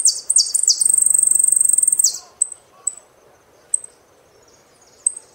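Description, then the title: Saffron finch song: sharp high notes running into a rapid buzzy trill for about two seconds, followed by a few spaced single chips. "Jilguero Argentino"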